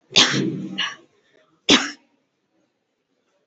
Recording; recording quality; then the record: heavy voluntary cough; poor, much background noise or distortion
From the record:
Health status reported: COVID-19 positive, mild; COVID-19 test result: positive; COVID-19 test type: RT-PCR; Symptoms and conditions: cough, cold, fever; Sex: female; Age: 26 years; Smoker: no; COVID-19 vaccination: both doses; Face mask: worn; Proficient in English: yes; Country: India